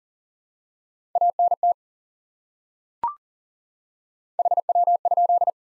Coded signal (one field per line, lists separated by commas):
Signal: Morse code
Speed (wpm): 40 wpm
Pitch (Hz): 700 Hz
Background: none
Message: ANT HW?